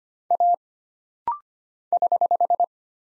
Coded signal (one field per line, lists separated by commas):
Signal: Morse code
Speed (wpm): 25 wpm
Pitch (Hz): 700 Hz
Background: none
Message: A <HH>